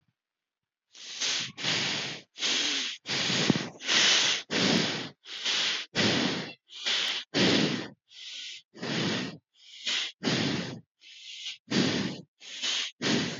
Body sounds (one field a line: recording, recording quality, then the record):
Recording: shallow breathing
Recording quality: excellent, no background noise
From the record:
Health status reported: healthy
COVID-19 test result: not tested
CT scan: not taken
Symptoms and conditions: cold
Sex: male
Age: 29 years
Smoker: no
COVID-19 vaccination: one dose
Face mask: not worn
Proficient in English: yes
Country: India